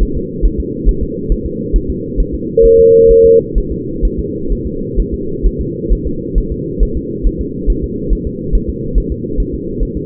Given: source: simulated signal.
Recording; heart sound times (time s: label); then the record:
fetal heart sounds
0.03 s: S1
0.17 s: S2
0.45 s: S1
0.60 s: S2
0.89 s: S1
1.03 s: S2
1.32 s: S1
1.46 s: S2
1.76 s: S1
1.90 s: S2
2.20 s: S1
2.34 s: S2
2.65 s: S1
2.80 s: S2
3.11 s: S1
3.25 s: S2
3.58 s: S1
3.72 s: S2
4.05 s: S1
4.19 s: S2
4.53 s: S1
4.67 s: S2
5.00 s: S1
5.14 s: S2
5.46 s: S1
5.61 s: S2
5.93 s: S1
6.07 s: S2
6.38 s: S1
6.52 s: S2
6.83 s: S1
6.97 s: S2
7.26 s: S1
7.41 s: S2
7.70 s: S1
7.84 s: S2
8.13 s: S1
8.27 s: S2
8.55 s: S1
8.69 s: S2
8.98 s: S1
9.12 s: S2
9.40 s: S1
9.54 s: S2
9.83 s: S1
9.97 s: S2
From the record:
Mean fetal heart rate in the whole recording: 135 bpm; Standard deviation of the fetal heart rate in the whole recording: 3 bpm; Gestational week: 36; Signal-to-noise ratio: -6.6 dB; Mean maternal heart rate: 72 bpm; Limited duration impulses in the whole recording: present